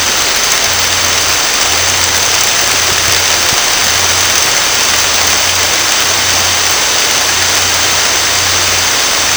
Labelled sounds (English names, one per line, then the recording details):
none
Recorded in dense forest near Puerto Asís, Putumayo, Colombia, on 9 March 2025 at 11:30
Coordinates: 0.468, -76.322
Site GP01